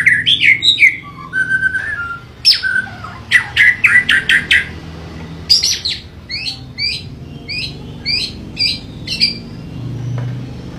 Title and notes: MURAI BATU MONSTER. Murai Gilaa